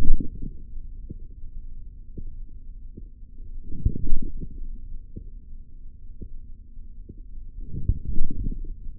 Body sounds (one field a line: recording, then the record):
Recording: forearm muscle sounds (acoustic myography)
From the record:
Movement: forearm pronation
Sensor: system 3, bracelet of six PUI Audio POM-2738L microphones around the upper forearm, with dedicated amplification and filtering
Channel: 6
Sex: male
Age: 43 years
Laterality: right